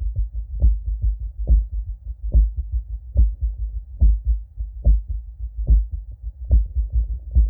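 Adult male heart by stethoscope, heard at the apex, with atrial flutter sounds: louder heart sounds at about 71 per minute with fainter, rapid low-pitched flutter sounds between them, like a second heart beating in the distance. History of prior Q-wave myocardial infarction, heart failure and atrial flutter.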